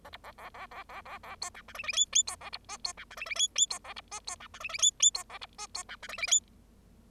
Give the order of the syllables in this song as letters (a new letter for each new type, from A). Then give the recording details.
A B A A A A A A A C D E F F G G C A B H C D E F F G G C A B H C D E F F G G C A B H C D E F F G. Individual Bird0